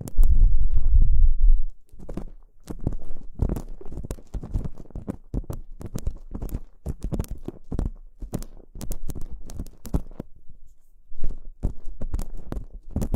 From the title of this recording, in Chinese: 掏耳朵